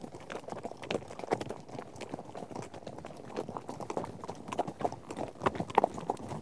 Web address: BBC Sound Effects Library - Horses Herd of horses out on trek